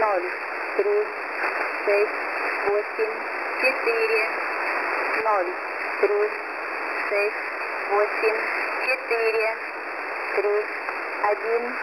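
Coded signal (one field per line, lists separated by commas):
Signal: numbers station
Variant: S06s, Russian voice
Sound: automated voice reading single digits at a steady pace through shortwave hiss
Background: radio static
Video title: S06s Number Station 10514kHz 0940 UTC 03/09/2020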